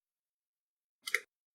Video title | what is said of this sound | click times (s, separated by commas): CircuitPython nRF52840 BLE Client / Server Remote Control Tutorial | the etch PCB with the components soldered on it snaps into place on front of the bracket and it's | 1.1 s, 1.2 s